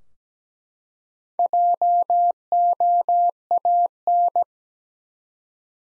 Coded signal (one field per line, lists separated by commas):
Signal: Morse code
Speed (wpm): 17 wpm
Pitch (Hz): 700 Hz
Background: none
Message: JOAN